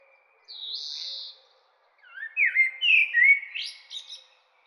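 Bird song opening with a long high buzzy note, followed after a short pause by a quick jumble of whistled, rising and falling chirps.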